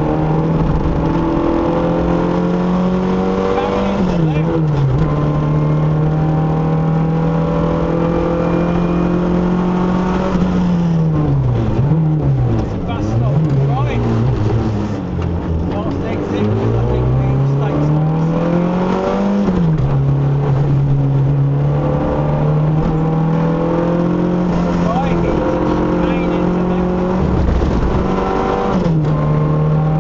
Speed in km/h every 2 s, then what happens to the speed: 84, 93, 98, 108, 116, 71, 37, 32, 53, 68, 71, 87, 85, 92, 98.
0-8 speeds up to 116. 8-13 brakes to 32. 13-28 speeds up to 98.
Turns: 21-26.